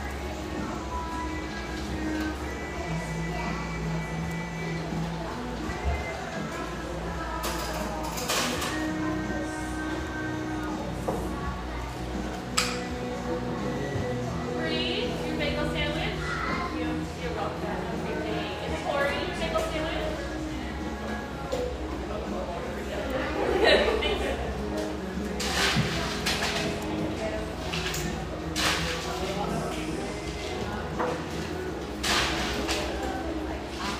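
A busy cafe with steady overlapping chatter, occasional clinks and clatter of dishes, and a low hum running underneath throughout.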